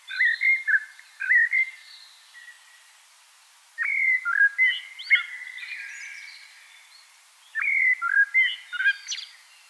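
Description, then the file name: Common blackbird delivering several unhurried flute-like warbled phrases, one trailing into a long, quieter twittered ending. "Turdus merula"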